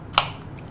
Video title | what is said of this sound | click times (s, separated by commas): How to use the Accuhaler | Slide the lever down till you hear it click | 0.2 s